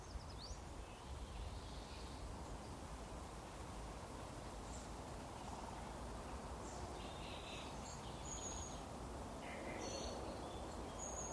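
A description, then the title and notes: Birds chirp and whistle in short, scattered calls above a steady low rumble of outdoor noise, with sharp high notes near the end. We take an icy dawn walk along the frozen Mon-Brec canal in Monmouthshire to hear song thrushes, siskins, tits, a great spotted woodpecker and even a brief burst of treecreeper.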